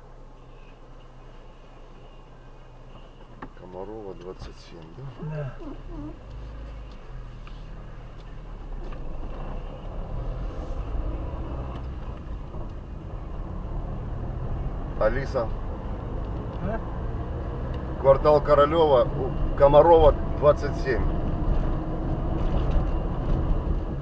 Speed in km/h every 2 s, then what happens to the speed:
0, 0, 0, 0, 4, 12, 15, 17, 23, 27, 30, 33.
0-6 standing. 6-24 pulls away to 33.